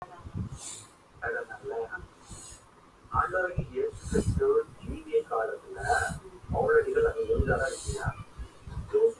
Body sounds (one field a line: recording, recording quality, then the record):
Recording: deep breathing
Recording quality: moderate, slight background noise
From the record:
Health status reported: healthy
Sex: male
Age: 23 years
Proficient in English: yes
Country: India